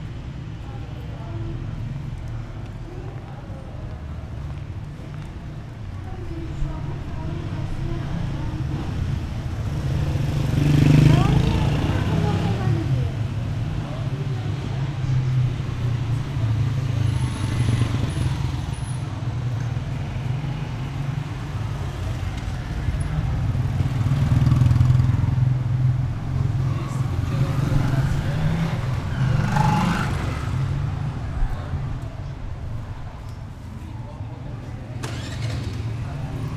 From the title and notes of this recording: Darvaze ghadim Qazvin Bazaar shapour. Soundscapes of gates of Tehran, Sound artist: Vedad Famourzadeh.